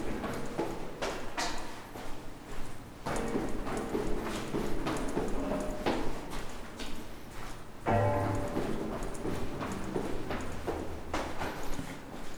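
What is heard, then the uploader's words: A busy workplace soundscape: a steady low hum runs underneath a dense scatter of sharp clicks and knocks, some falling into a loose clip-clop rhythm. Brief tonal drones surface around the middle and again near eight seconds, with murmuring voices faint in the mix. A tall glass building at 150 Elgin. I like to spend time exploring the sounds of my workplace : it’s hums, clicks, resonances, voices, drones, rhythms, patterns, etc. This recording explores the spaces where people enter and exit the building.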